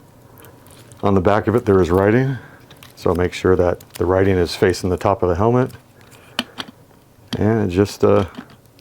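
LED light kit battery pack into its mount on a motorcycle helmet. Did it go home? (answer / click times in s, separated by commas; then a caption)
no / none. Someone talks while handling the charged battery/controller pack of a LightMode Night Shift RGB LED motorcycle helmet light kit, lining it up with its writing facing the top of the helmet to push it into its plastic mount on the back of the helmet. Brief handling taps are heard, the sharpest around 6.4 s, but nothing has seated or clicked into the mount yet.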